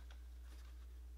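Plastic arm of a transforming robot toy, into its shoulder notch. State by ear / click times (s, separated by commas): not seated / none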